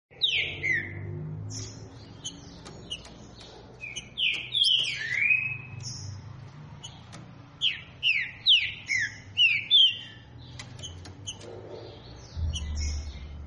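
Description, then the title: Green-winged saltator song: loud, slurred whistles falling in pitch, delivered in short bursts with gaps, over thin high chirps and a low hum. "Canto De Trinca Ferro Voz 09. TRINCA FERRO CANTANDO FORTE. ESQUENTAR TRINCA FERRO"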